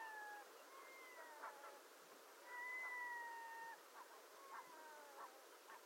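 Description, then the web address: Red-throated loon giving drawn-out wailing notes, some level and some gently falling, with soft clicks and background hiss between the calls. "SMAALOM. red throated diver"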